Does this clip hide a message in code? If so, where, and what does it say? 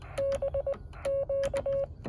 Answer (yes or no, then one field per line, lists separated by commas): yes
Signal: Morse code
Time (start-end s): 0.2-1.8 s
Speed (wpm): 20 wpm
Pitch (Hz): 550 Hz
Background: none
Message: BQ